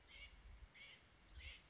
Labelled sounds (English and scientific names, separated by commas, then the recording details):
American Robin (Turdus migratorius)
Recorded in Sonoma County, California